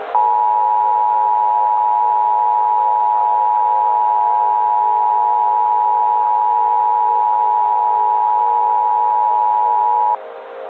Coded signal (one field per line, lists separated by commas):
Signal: Emergency Alert System (SAME) tones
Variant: 853 and 960 Hz attention tone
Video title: EAS SCENARIO/ANALOG HORROR - Crash FM Catastrophe (4:3 Edition)